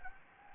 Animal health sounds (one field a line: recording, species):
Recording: mosquito wingbeat signal from an infrared sensor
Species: Anopheles gambiae